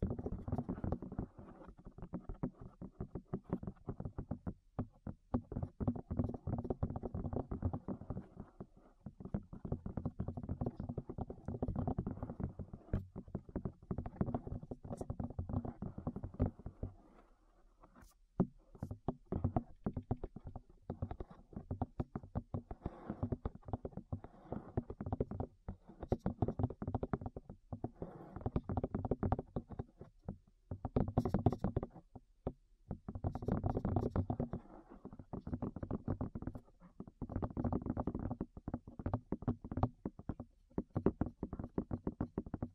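Close, muffled tapping on the ears comes in quick, dense bursts of soft thumps, mostly low and rounded with little brightness. The rhythm runs almost continuously, pausing briefly around 17 and 31 seconds, with occasional sharper clicks cutting through.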